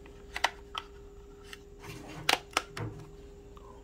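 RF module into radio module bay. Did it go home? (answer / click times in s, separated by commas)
yes / 2.3 s, 2.6 s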